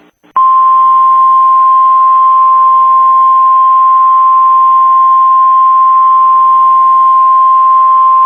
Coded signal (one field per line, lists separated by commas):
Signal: Emergency Alert System (SAME) tones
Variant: 1050 Hz attention tone